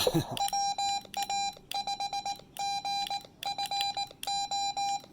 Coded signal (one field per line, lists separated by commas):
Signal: Morse code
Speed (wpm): 18 wpm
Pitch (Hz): 810 Hz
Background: none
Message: WA5GFO